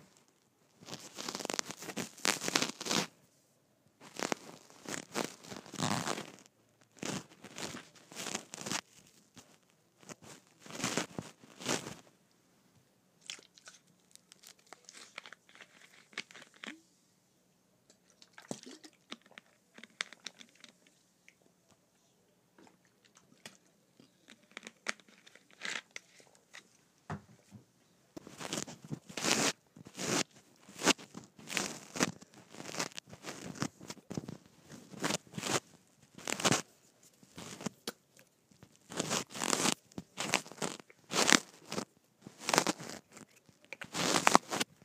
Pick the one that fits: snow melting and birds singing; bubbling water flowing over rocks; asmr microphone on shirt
asmr microphone on shirt